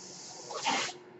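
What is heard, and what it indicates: A short, rising-and-falling hiss of rushing air lasts about half a second over a steady low background hum. It is the airflow of a home mechanical ventilator delivering a breath, heard in the background.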